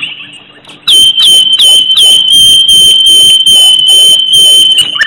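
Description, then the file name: Bird chirps, a loud steady high whistle with quick repeated descending notes, over a faint low hum. "cute bird"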